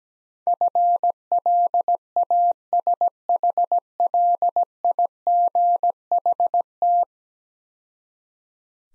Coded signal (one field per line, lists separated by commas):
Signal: Morse code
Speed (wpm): 17 wpm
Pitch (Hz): 700 Hz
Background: none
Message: FLASHLIGHT